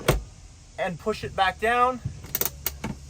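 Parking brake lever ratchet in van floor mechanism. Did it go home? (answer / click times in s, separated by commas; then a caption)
released / 2.3 s, 2.7 s. Someone talks as the parking brake lever of a Sprinter van, a ratchet in the van's floor mechanism, has its button pressed, is lifted, and is pushed back down. The ratchet clicks sharply at 2.4 s and 2.7 s, showing the parking brake is released.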